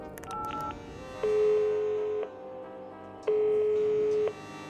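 Telephone tones as a number is dialed: a brief higher beep, then two long, steady, lower-pitched tones separated by a pause of silence. No voices.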